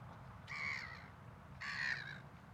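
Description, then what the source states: Gull calls: two harsh, nasal cries about a second apart, over a steady low rumble. At a waterfront on a Saturday.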